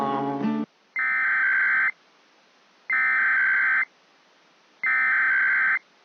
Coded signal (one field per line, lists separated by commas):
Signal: Emergency Alert System (SAME) tones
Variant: header bursts